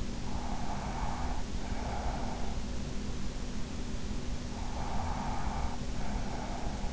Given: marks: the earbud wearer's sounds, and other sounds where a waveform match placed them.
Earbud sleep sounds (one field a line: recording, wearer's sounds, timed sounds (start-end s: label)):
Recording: sounds in sleep by an in-ear microphone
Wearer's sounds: breath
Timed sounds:
0.31-2.48 s: breath
4.48-6.93 s: breath